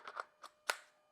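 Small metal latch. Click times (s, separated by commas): 0.7 s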